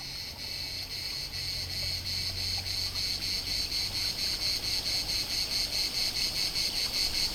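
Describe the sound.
Cicada song: a shrill, steady buzz with a regular throbbing pulse that carries on without a break.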